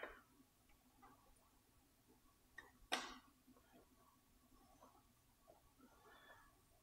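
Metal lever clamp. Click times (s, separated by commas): 2.6 s, 2.9 s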